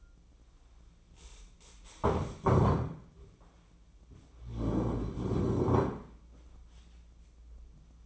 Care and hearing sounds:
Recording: daily activity, microphone in the room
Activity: stand up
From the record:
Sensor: 1

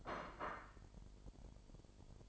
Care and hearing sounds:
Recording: daily activity, microphone in the room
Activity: place plate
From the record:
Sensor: 5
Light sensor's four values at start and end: 10/24/10/11 and 10/24/10/11

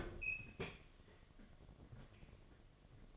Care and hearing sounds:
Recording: daily activity, microphone in the room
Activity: open fridge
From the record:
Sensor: 4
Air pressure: 1005.5 hPa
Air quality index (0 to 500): 175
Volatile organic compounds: 5 ppm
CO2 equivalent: 1719 ppm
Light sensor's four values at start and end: 6/12/5/4 and 5/10/4/4

